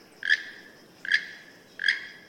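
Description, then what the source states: Keel-billed Toucan giving three dry, frog-like croaking notes, evenly spaced, over a quiet background. Also called Rainbow-billed Toucan; national bird of Belize; ranges in jungles from southern Mexico to Venezuela; feeds mostly on fruits; moves in groups of 6 to 30 birds.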